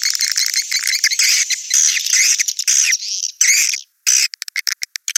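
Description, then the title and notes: Swiftlet chirping calls, high twittering phrases with squeaky notes, then a pause and a string of short sharp clicks at the end. Sound used in swiftlet farming in Asia. "Swiflet Bird Sound. Farming Swiflet Bird asia sound"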